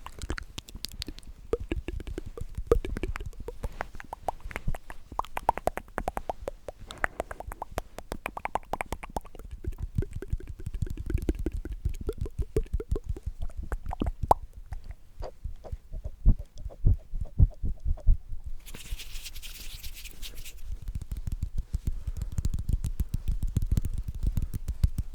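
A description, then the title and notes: Tingly mouth sounds: a dense, rapid run of wet clicks and pops fills the whole 25 seconds, with soft low rumbling beneath. The pace slackens briefly around 15 to 18 seconds, then a bright hissy burst sounds around 19 to 21 seconds before the clicking picks up again. ASMR The MOST Tingly MOUTH Sounds.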